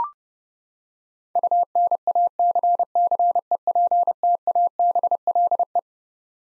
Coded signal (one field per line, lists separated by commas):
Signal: Morse code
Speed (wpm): 30 wpm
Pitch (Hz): 700 Hz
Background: none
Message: UNACCEPTABLE